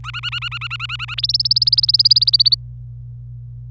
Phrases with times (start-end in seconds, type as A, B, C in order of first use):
0.04-1.14 A, 1.18-2.55 B